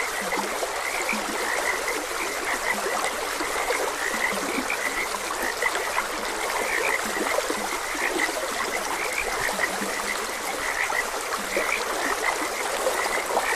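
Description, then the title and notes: Frogs keep up an unbroken chorus of quick chirping croaks, a few lower croaks mixed in, over continuous stream noise. Frogs croaking beside a gentle stream. "Gentle Stream and Frogs Croaking. Sleep and Relaxation Podcast"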